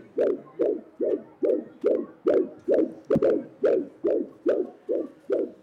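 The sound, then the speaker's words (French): A fetal heartbeat of an 8-week-and-2-day-old fetus, played from a tape-recorder recording: a fast, steady run of about a dozen whooshing thumps, roughly two per second, each with a soft click at its start, even in loudness and with no voices. “Laissez-moi vous faire entendre l'enregistrement sur magnétophone des battements de cœur d'un fœtus de 8 semaines et 2 jours.”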